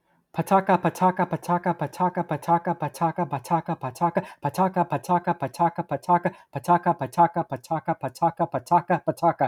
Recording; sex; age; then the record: repeated syllables /pa ta ka/; male; 30 to 39 years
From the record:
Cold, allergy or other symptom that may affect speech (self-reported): no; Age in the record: 30 years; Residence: New York, United States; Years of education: 19